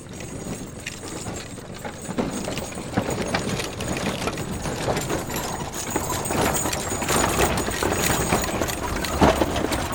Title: Efeitos 2ba. Horse And Wagon, Pass By